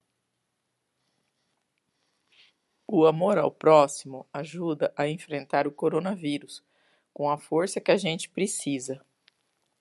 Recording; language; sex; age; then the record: spoken sentence; Brazilian Portuguese; female; 40 to 49 years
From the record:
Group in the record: control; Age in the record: 47 years